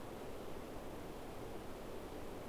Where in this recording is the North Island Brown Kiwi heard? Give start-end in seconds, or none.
none